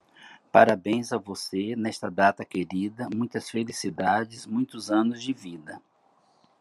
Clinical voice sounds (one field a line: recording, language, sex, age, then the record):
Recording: short text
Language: Brazilian Portuguese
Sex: male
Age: 60 to 69 years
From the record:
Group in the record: control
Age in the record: 65 years